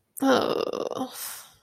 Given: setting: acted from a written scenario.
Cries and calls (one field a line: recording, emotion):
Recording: vocal sound without words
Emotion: shame